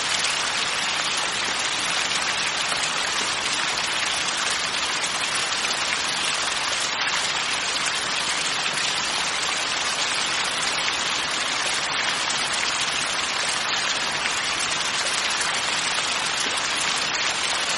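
Heavy rain falls steadily throughout, a dense, even hiss of countless drops with no pauses or swells. The sound is bright, sitting mostly in the upper range with little low rumble, and stays constant for the whole stretch.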